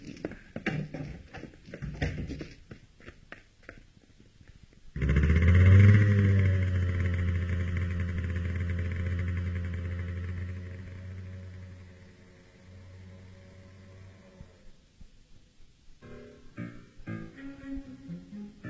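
After some light clattering, a motorcycle engine roars up loudly with a low, steady drone, then gradually fades as it rides away, leaving scattered clicks and taps.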